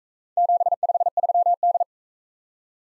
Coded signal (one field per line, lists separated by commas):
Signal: Morse code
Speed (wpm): 41 wpm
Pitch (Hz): 700 Hz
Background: none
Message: 753D